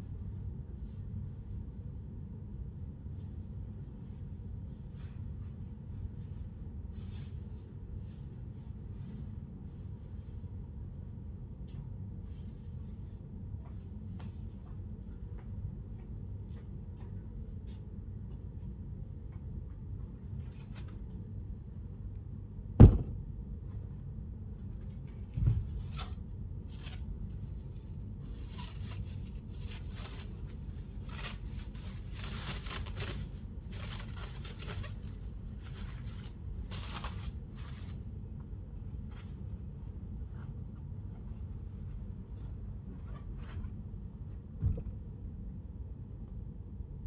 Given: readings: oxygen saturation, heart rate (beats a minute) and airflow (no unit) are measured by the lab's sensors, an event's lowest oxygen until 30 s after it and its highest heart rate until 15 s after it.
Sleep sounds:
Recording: a person awake in a sleep study, by a smartphone at the bedside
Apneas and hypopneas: none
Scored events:
0.00-47.07 s: awake
From the record:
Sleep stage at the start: awake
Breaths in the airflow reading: 18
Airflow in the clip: -0.7 to 0.7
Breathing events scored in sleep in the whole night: 131 in 7.2 hours asleep

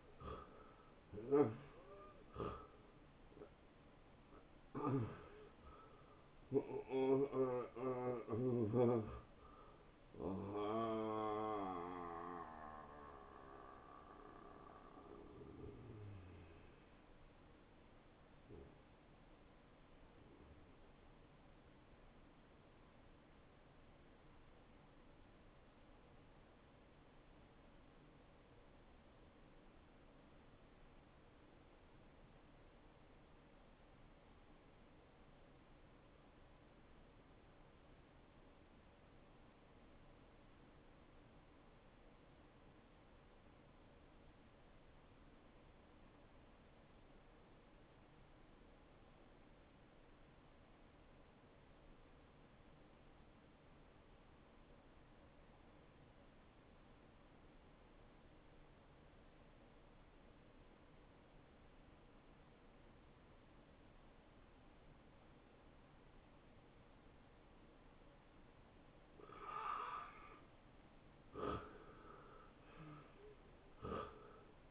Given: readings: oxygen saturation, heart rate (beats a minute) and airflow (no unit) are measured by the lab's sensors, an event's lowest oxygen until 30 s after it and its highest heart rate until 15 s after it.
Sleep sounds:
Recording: breathing in sleep by a voice recorder at the bedside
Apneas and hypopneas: 1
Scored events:
4.00-74.71 s: new sleep stage, N1 (lightest sleep)
26.00-69.60 s: obstructive apnea (N1, oxygen 96% highest, then 80% lowest)
From the record:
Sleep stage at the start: N2 (light sleep)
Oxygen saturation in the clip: 77 to 96%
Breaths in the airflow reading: 8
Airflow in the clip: -22.9 to 10.4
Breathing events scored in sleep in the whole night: 263 in 5.5 hours asleep

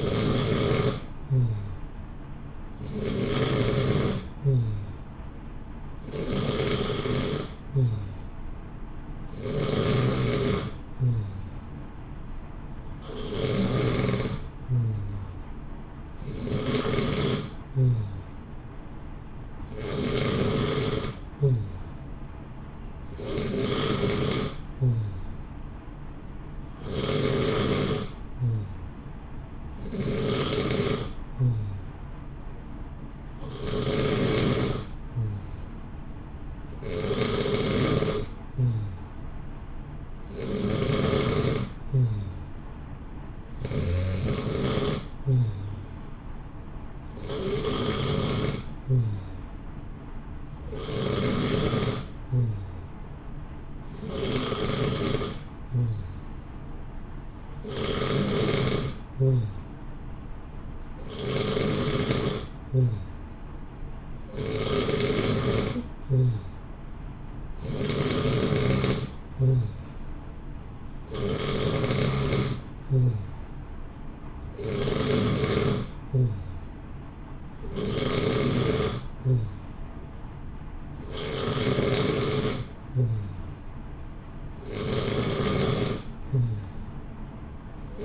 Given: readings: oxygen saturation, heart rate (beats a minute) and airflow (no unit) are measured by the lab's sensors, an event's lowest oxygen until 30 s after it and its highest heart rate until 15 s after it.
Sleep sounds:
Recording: breathing in sleep by a smartphone at the bedside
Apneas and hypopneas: none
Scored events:
31.00-88.05 s: new sleep stage, N2 (light sleep)
From the record:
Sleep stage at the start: N3 (deep sleep)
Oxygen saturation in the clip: 90 to 91%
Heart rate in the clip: 59 to 64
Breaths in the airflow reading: 28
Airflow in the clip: -0.8 to 0.9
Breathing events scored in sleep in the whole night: 328 in 6.3 hours asleep

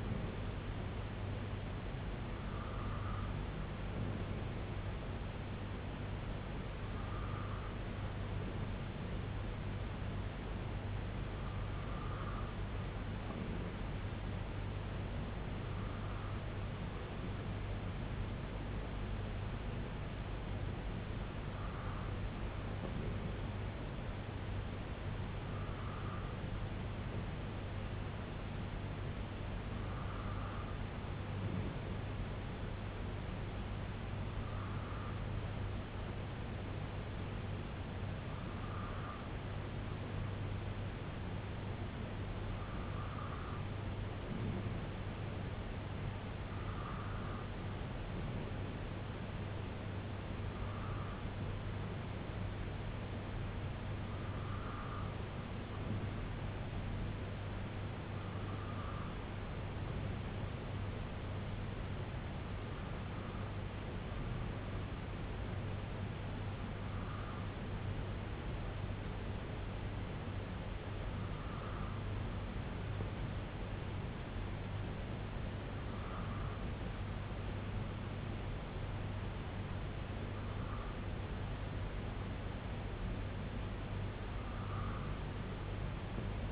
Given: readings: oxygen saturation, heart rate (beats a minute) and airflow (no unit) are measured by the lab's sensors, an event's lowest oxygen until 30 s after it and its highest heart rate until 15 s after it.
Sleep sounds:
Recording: breathing in sleep by a voice recorder at the bedside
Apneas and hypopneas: none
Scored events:
24.00-86.52 s: new sleep stage, N3 (deep sleep)
From the record:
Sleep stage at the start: N2 (light sleep)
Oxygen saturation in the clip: 93%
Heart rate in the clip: 64 to 69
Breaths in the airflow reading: 20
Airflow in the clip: -2.7 to 1.8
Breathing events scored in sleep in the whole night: 258 in 7.4 hours asleep

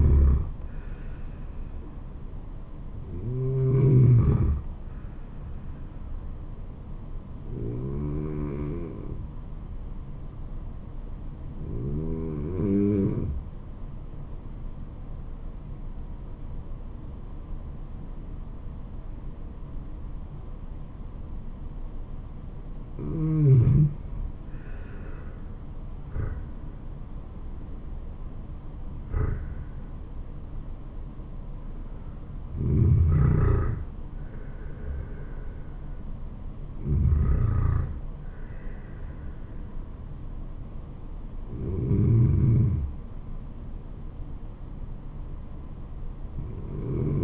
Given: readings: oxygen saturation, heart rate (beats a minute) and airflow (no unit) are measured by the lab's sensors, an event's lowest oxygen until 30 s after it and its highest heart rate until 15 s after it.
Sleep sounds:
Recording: breathing in sleep by a smartphone at the bedside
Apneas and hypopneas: 1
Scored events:
7.00-26.70 s: hypopnea (N2, oxygen 95% highest, then 91% lowest, heart rate 73 at the start, 81 highest)
39.00-47.23 s: new sleep stage, N1 (lightest sleep)
From the record:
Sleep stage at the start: N2 (light sleep)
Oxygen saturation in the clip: 90 to 95%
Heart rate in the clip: 71 to 81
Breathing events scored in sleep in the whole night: 426 in 7.4 hours asleep

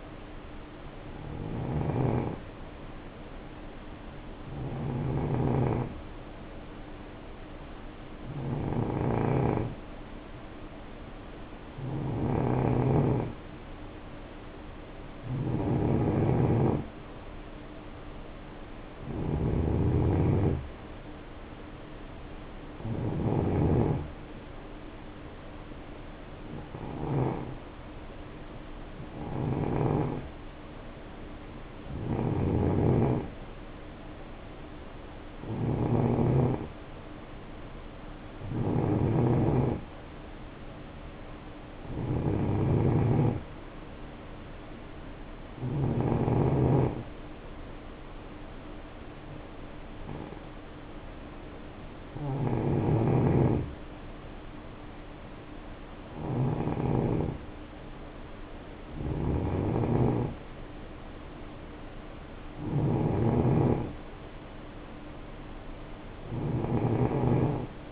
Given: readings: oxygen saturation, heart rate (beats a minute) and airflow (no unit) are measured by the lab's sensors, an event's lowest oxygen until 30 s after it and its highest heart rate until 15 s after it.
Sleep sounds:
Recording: breathing in sleep by a voice recorder at the bedside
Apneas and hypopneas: 1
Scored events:
5.00-18.30 s: hypopnea (N1, oxygen 91% highest, then 88% lowest, heart rate 67 at the start, 67 highest)
22.00-67.92 s: new sleep stage, N2 (light sleep)
From the record:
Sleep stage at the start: N1 (lightest sleep)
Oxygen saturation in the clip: 88 to 92%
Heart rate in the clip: 60 to 67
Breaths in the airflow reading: 19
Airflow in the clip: -7.5 to 3.8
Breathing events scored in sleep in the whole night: 520 in 7.2 hours asleep

